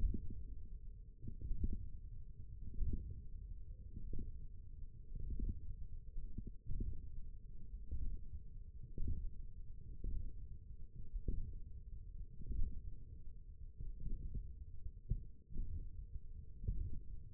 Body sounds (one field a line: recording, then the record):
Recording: forearm muscle sounds (acoustic myography)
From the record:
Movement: ulnar deviation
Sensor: system 1, eight BSWA MPA416 microphones around the upper forearm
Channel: 2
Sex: male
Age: 20 years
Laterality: left